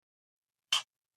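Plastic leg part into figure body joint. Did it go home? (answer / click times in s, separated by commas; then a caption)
yes / 0.7 s. A plastic leg piece from a Blokees Classic Class L Snorlax (Pokemon) snap-fit model kit is pressed into its socket in the figure's body joint. A single sharp click is heard at 0.7 s amid silence, and the leg is confirmed seated.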